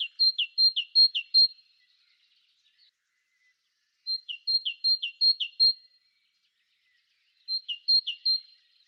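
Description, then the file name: Great tit song: three bursts of clear two-note phrases, a high note then a lower one, repeated several times per burst, separated by silence. "Talgoxe"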